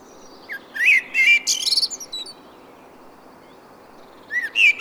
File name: Turdus merula